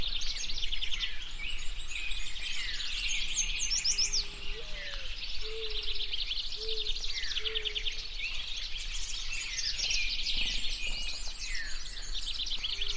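A natural soundscape filled with a dense, continuous chorus of bright, rapid bird chirps and trills layered over one another. Between about four and eight seconds, a lower, smooth call repeats a few times beneath them, over a steady low background hum.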